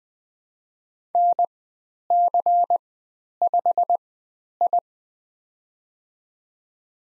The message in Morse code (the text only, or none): NC5I